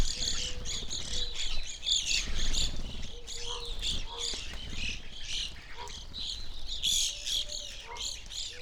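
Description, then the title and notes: Evening grosbeak flock giving overlapping bright chirps in irregular bursts, with a faint low hum-like note now and then beneath. Flock feeding on sunflower seeds at a feeder hanging in a birch tree, backyard, McCloud, Siskiyou County, California; relatively warm winter morning; two microphones on either side of the tree trunk. "I recorded this at my home in the small town of McCloud in Siskiyou County, California. It was a relatively warm winter morning, and a flock of Evening Grosbeaks was busily eating a breakfast of sunflower seeds from a feeder hanging from the branch of a birch tree in my backyard."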